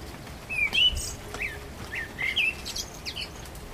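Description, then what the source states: Common blackbird: short fluty whistled notes and slurs with a brief high twitter, a fragment of song over light background noise. Recorded 12 April 2010.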